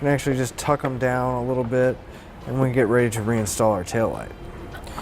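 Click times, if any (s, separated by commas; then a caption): none. Someone talks while tucking wiring down behind the taillight area of a 2009 Jeep Liberty during a Roadmaster Diode 7-wire to 6-wire Flexo-Coil wiring kit install, getting ready to reinstall the taillight. The wiring harness connector is being handled for plugging back into the taillight assembly, but nothing has seated or clicked yet.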